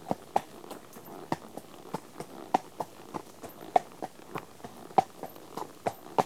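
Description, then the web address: Horse hooves knocking on a hard surface at an unhurried walking pace, with distinct sharp clops and softer in-between steps. One horse walking on tarmac. "BBC Sound Effects Library Horses One horse at walk on tarmac"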